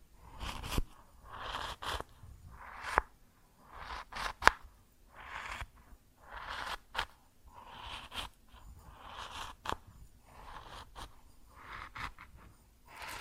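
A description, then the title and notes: Grain shifting and rustling in a steady rhythm of short, gritty bursts, roughly one each second, like handfuls being scooped or pressed. The sound is close and bright, with a low thump under some bursts and a few sharp clicks scattered throughout. ASMR Grain Sounds (No Talking).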